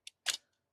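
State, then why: Not seated. A lithium battery pack is pushed into the battery compartment of a Godox V1 flash for Nikon, a round-head 55Ws speedlite. A short, bright tick at 0.07 s is followed by a louder, broader plastic clatter around 0.3 s that fades out, with a faint tap near 0.5 s. The battery has not locked in; nothing has clicked into place yet.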